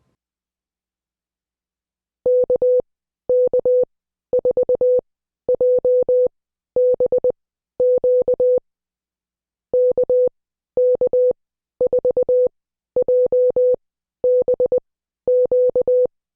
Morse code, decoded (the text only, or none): KK4JBQ KK4JBQ